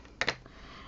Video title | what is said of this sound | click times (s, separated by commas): Art Journal for Beginners - How to Art Journal? - Starting a blank Page - Formula #1 | and you just click this back in, | 0.2 s